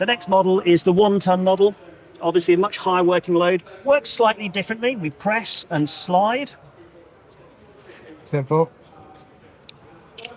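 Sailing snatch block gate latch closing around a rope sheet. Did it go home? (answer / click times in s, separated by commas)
yes / 10.2 s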